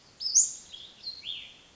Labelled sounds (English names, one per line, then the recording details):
Cassin's Vireo
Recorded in Sonoma County, California